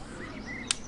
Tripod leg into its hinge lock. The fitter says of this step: Je klapt de pootjes uit. Je hoort een klikje.